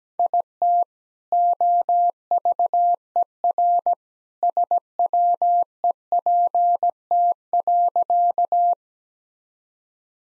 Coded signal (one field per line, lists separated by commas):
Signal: Morse code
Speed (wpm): 17 wpm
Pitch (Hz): 700 Hz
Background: none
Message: IT OVER SWEPT.